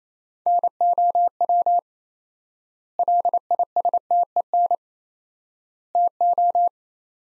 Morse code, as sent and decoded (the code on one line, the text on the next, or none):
-. --- .-- / .-.. .. ... - . -. / - ---
NOW LISTEN TO